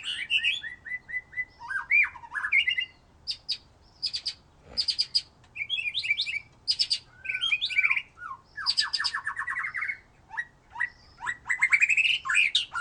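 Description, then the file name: White-rumped shama song: repeated short whistles, crisp clicking bursts and fast rising trills, richly varied in short phrases with small gaps. "murai batu"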